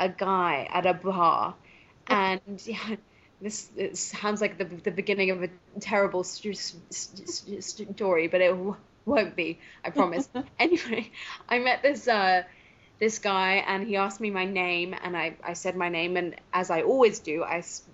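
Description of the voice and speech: Adult woman who stutters, speaking in a conversational narrative with repetitions, prolonged sounds and pauses. She took a stuttering course at 25 and now uses voluntary stuttering.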